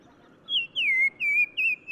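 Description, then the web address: Black-crowned tchagra song: a series of four clear whistled notes, the first higher, the rest sliding lower and wavering, in a quiet background. Recorded in Morocco. "Black-crowned Tchagra. new sound approach title morocco"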